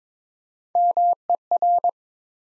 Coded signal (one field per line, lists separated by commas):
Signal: Morse code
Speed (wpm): 21 wpm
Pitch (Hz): 700 Hz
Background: none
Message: MER